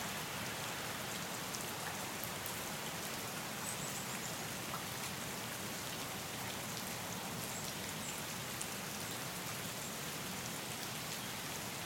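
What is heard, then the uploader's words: Steady rain falls throughout, a dense, even hiss spread from low to very bright, with fine raindrop ticks and small splashes scattered across it. The level barely changes over the whole stretch, and no distinct traffic sounds stand out from the wash. Recorded in the morning and mixed in Audition.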